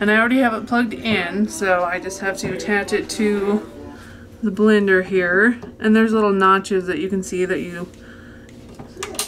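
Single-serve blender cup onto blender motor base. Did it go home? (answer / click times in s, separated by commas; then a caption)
yes / 9.2 s. Someone talks while a single-serve blender cup, its blade lid screwed on, is lined up on the notches and twisted onto the plugged-in motor base of a Ninja Mega Kitchen System. Near the end, a short plastic clatter is heard, followed by a sharp click at 9.2 s as the cup locks onto the base.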